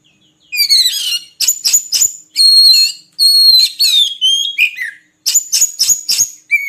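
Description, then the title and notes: Oriental magpie-robin song with high sustained whistles, downslurred notes and sharp clicking chatter in repeated phrases. Song used for training caged birds to sing actively day and night. "Kacer Jadi Gacor Siang Malam. Isian Kacer Durasi Panjang"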